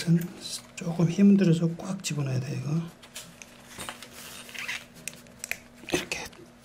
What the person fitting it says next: 딱딱 소리가 나와. 근데 아직 안 들어갔죠?